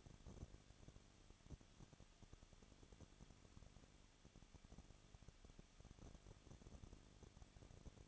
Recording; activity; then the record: daily activity, microphone in the room; no activity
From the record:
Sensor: 4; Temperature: 23.0 degrees Celsius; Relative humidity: 34.4%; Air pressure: 1007.2 hPa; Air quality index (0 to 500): 215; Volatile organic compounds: 15 ppm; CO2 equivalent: 2492 ppm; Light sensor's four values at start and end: 2/3/1/1 and 2/3/1/1